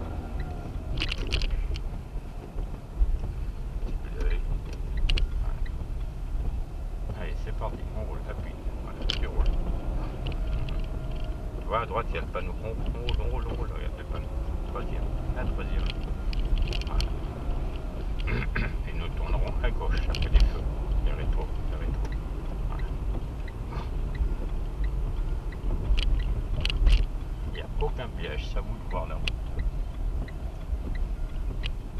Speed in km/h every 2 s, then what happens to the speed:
21, 21, 18, 22, 32, 31, 28, 35, 36, 37, 40, 37, 34, 29, 27, 21.
0-5 steady at about 21. 5-8 speeds up to 32. 12-19 speeds up to 40. 19-32 slows to 21.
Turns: none.